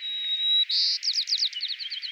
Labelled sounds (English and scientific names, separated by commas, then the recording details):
White-crowned Sparrow (Zonotrichia leucophrys) song
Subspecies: nuttalli
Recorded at Salinas River, California, in 2014
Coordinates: 36.776, -121.795
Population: admixed
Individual SALI_maleF